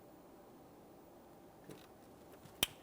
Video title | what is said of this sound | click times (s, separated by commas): How to Replace Engine Knock Sensor 2008-2017 Mitsubishi Lancer | Audible click. | 2.6 s